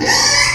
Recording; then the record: squeal of a Yucatan mini pig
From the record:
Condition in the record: before surgery on the right vocal fold (resection and tissue-engineered implant); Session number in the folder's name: 2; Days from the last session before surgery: 0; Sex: male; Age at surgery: 12 weeks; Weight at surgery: 13 kg